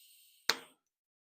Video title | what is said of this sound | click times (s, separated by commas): TREK Marlin tubeless conversion using regular tools | you heard the bead pop. I'm at 25. | 0.5 s